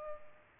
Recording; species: mosquito wingbeat signal from an infrared sensor; Culex pipiens